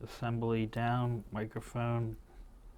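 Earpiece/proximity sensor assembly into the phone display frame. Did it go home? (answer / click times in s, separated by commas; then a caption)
no / none. An earpiece assembly with its proximity sensor and microphone is handled at the top of a replacement iPhone display, about to be pressed into its recess in the display frame, while someone talks throughout. Nothing has seated or clicked yet.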